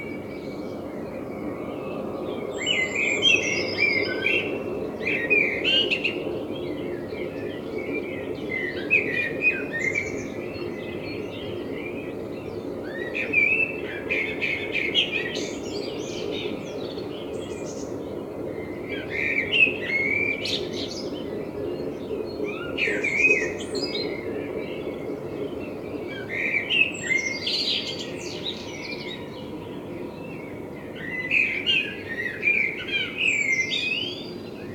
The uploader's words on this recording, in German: Kunstkopfaufnahme der Amsel vor meinem Fenster. Hab' mir endlich einen echten Kunstkopf gebaut.